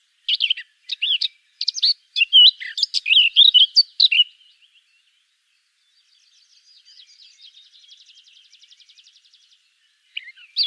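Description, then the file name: Eurasian blackcap warbling loudly for about four seconds; after that only a faint, even, rapid trill is heard, then a brief note at the end. "Sylvia atricapilla"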